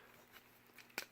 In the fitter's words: Like that. You'll hear like soft clicks for this.